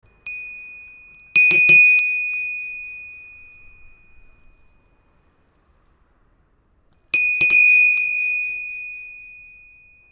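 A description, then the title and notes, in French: A small homemade bell is struck in two bursts, a faint tap near the start, then a quick cluster of hits around one and a half seconds and again near seven seconds. Each burst leaves a bright, clear ring that fades slowly into near silence. Clochette maison. Lors d'une sortie aux alentours du collège, Kassoum Florian et Nadia ont enregistré les sons de la ville.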